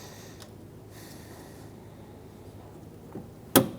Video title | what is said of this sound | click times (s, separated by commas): How to Replace Front Exterior Door Handles 2002-2006 Toyota Camry | should snap into place. | 3.6 s